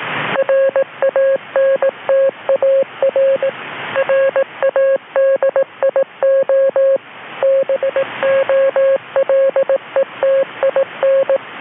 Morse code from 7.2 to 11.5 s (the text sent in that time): BOLETIN